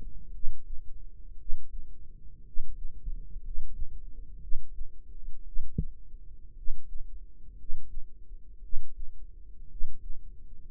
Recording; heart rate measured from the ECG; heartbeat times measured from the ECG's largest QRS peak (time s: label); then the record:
heart sounds by microphone in the right ear; 58 bpm
0.29 s: heartbeat
1.35 s: heartbeat
2.41 s: heartbeat
3.39 s: heartbeat
4.37 s: heartbeat
5.42 s: heartbeat
6.52 s: heartbeat
7.54 s: heartbeat
8.59 s: heartbeat
9.66 s: heartbeat
10.68 s: heartbeat
From the record:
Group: healthy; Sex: male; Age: 25 years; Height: 170 cm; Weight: 70.4 kg